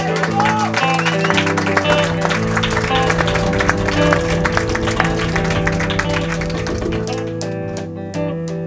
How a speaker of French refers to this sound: Remercier la technique. Ils sont où là ? On peut les applaudir.